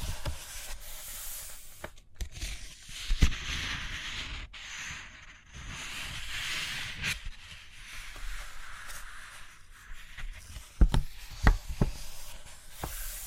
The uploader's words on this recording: ASMR Study With Me Page Turning and Tapping, Writing, Drawing (No Talking).